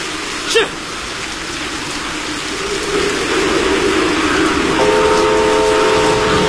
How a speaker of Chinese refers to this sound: 不久以后，詹天佑夜以继日赶修的铁路坍塌路段终于重新试车了。 试车。